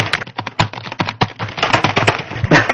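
Rapid, irregular clatter of a computer keyboard as a player types nonstop, heard over TS during a gaming war. A dense stream of sharp clicks and taps with a few louder strikes, no voices present.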